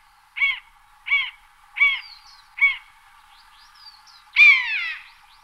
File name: poiana codabianca